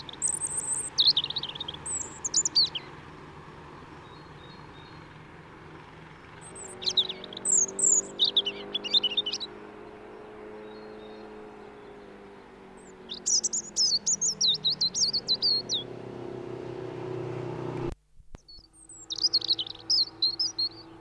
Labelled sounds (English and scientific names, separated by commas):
European Robin (Erithacus rubecula) song